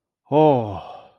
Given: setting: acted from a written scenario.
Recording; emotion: vocal sound without words; awe